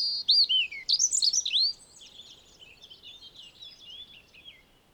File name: Erithacus rubecula